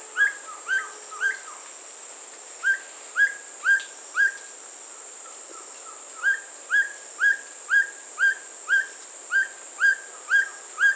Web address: Black Bushbird. پرنده-بیشه-مرغ-سیاه